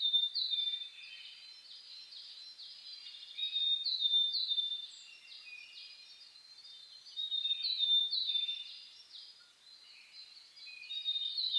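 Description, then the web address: Bird chorus at daybreak, constant high twittering with sharp whistled notes, swelling in bursts near four and eight seconds. Dawn chorus (reimei) birdsong (saezuri), recorded 10 May 2010. "reimei DH-D 50-saezuri-20100510-0401"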